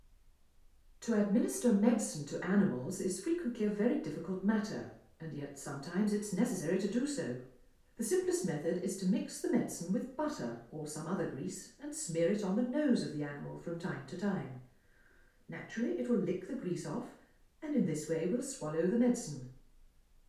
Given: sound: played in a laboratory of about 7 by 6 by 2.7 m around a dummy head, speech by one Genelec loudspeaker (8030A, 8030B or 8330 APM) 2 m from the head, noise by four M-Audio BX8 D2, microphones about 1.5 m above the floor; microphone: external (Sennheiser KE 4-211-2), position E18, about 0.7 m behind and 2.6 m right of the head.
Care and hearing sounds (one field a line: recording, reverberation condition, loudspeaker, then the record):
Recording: female speech in English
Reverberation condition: medium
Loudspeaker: 150 degrees to the left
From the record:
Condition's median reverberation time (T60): about 510 ms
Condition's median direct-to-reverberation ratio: about -0.5 dB